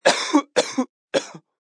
Human sound effects sick sound effects human element male cough multiple.